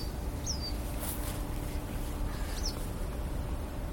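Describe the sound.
Western yellow wagtail giving two thin, high, down-slurred call notes about two seconds apart over a steady low rumble.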